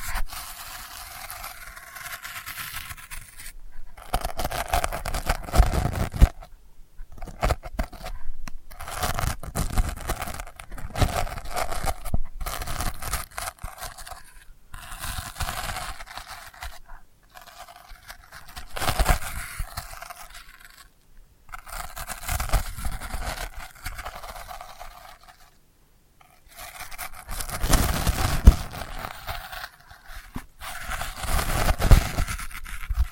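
Delicate scratching runs in irregular bursts, with short gaps of silence around 4, 7, 21 and 26 seconds. The scraping is dry and papery, mostly in the middle and upper range, with occasional soft low thumps as strokes begin.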